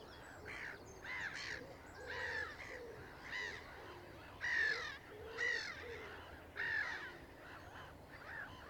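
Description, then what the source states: Gulls calling: harsh squawking cries in irregular bursts, over steady background noise. Recorded on the Isles of Scilly.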